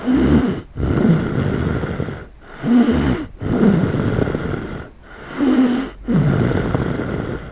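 Loud, rough snoring from an adult sleeper comes in paired inhale and exhale surges, about three breath cycles in under eight seconds, or roughly 24 a minute. The inhaled snores carry a low, buzzing pitch, with brief quiet gaps between breaths. It is ordinary night-time snoring, in Die, August 2008.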